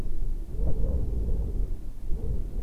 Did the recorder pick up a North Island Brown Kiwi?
no